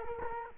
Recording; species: mosquito wingbeat signal from an infrared sensor; Culex quinquefasciatus